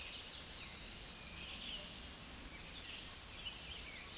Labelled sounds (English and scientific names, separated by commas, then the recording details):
Tennessee Warbler (Leiothlypis peregrina) song
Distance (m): 80 m
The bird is about level with the microphone
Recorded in a Pennsylvania forest on 16 May 2024 at 09:21
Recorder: AudioMoth, point MSD-0383
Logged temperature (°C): 15.3 °C
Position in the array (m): 11 m, 194 m